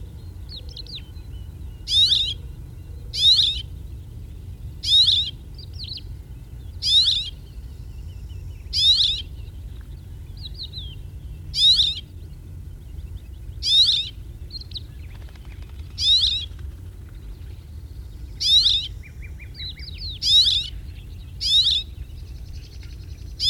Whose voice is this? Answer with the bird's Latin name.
Emberiza cirlus